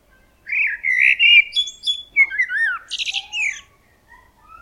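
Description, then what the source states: Eurasian blackbird song: mellow fluted warbling phrases that rise and fall, ending in a brief squeaky, high twitter. Song, written in Dutch as 'dudeljoo'.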